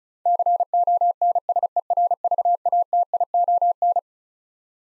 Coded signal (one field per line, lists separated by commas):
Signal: Morse code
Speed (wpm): 36 wpm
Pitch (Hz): 700 Hz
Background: none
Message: CONSERVATION